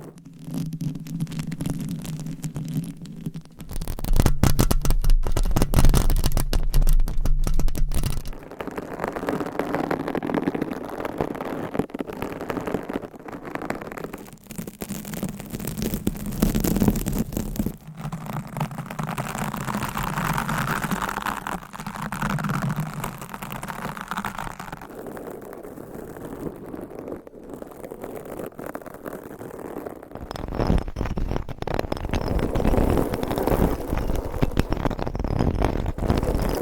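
Scratching on microphone covers with nails, a dense, rough scraping texture that keeps shifting in tone as the surface changes. Sections alternate between low rumbling rubs and brighter, crisper scratching, with abrupt switches around 4, 8, 25 and 30 seconds.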